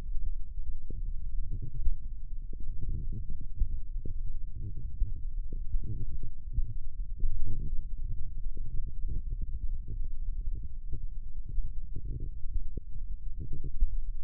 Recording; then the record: forearm muscle sounds (acoustic myography)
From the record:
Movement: index flexion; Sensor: system 1, eight BSWA MPA416 microphones around the upper forearm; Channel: 5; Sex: female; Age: 21 years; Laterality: right